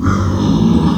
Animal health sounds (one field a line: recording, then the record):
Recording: squeal of a Yucatan mini pig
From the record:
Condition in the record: after surgery on the right vocal fold (resection and tissue-engineered implant)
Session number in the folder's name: 14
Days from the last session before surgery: 133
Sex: female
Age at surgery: 19 weeks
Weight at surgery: 25 kg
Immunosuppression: prednisolone